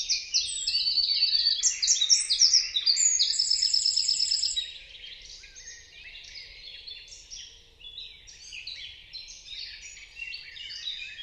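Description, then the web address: Birds chirping in a dense chorus of high, overlapping tweets and short trills, loud at first and then softer and more scattered. "Deverinetal 2025. Bird Only"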